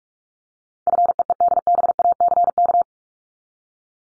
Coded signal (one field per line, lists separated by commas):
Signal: Morse code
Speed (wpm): 44 wpm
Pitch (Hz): 700 Hz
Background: none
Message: FEEDBACK